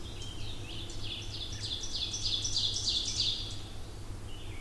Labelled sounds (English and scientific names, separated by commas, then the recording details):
Ovenbird (Seiurus aurocapilla) song
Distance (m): 40 m
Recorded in boreal forest in Alberta, Canada, on 20 June 2016 at 08:28
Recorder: SongMeter 3, array SBT-6-81
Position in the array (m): 145 m, 203 m
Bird 25